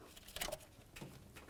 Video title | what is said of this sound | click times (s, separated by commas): How to Replace Idle Air Control Valve 1992-2000 Chevy Tahoe | Listen for a little click, you want to make sure that this is locked in. | 0.4 s